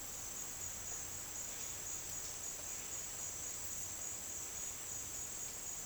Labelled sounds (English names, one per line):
none